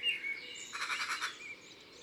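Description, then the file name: Eurasian magpie's dry rattle of several quick harsh notes. "Pie bavarde ABC des chants doiseaux"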